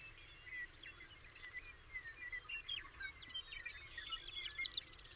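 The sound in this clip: Bird song with rapid chirps and short sliding whistles over a continuous high drone, plus a few sharper, louder notes near the end.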